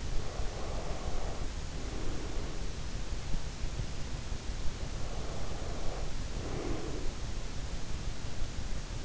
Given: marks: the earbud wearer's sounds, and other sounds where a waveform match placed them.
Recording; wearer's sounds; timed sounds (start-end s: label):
sounds in sleep by an in-ear microphone; breath
0.00-2.91 s: breath
4.80-7.37 s: breath